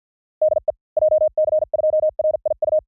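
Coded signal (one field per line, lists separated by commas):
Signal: Morse code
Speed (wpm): 48 wpm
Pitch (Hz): 620 Hz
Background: none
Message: DE JC2RIU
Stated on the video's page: Random Japanese call signs sent in Morse at speeds from 45 to 55 WPM, 400 calls, for training.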